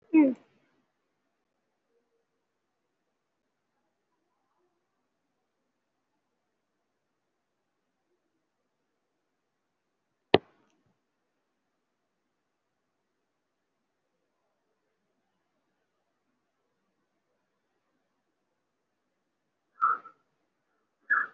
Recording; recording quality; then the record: deep breathing; poor, much background noise or distortion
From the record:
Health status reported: COVID-19 positive, no symptoms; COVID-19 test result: positive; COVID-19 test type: RT-PCR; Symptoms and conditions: breathing difficulty, diabetes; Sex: male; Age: 58 years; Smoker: no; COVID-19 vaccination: both doses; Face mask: worn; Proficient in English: yes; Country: India